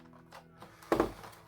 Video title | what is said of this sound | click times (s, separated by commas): Star Wars 3.75 - The Vintage Collection - CLONE WARS - V-19 Torrent Starfighter - REVIEW | um boom yeah like that it does that doesn't it that clicks into place like that wow | 0.9 s, 1.0 s